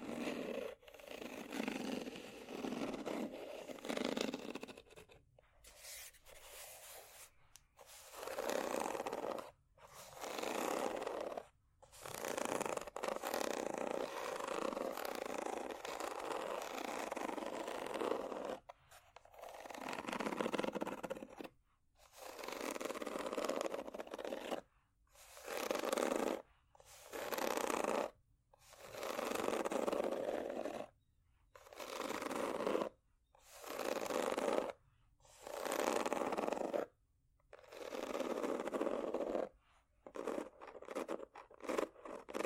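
Scratching over ridges in a rough, rasping stream, broken by short silent gaps that come more often and regularly in the second half.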